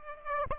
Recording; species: mosquito wingbeat signal from an infrared sensor; Aedes aegypti